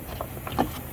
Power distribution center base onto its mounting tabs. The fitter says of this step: And as you see, it snaps over those things like this.